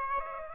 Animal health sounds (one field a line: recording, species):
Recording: mosquito wingbeat signal from an infrared sensor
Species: Aedes aegypti